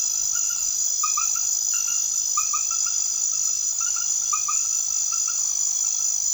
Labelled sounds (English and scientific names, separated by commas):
none